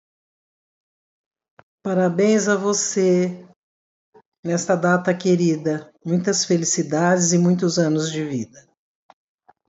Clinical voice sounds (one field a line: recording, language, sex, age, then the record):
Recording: short text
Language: Brazilian Portuguese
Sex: female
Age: 60 to 69 years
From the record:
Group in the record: control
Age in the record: 67 years